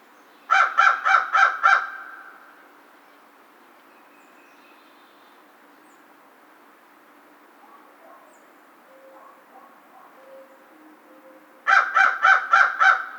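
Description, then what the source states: American crow giving two bursts of rapid harsh caws, one at the start and one at the end, with quiet between them. Recorded 2 March 2010.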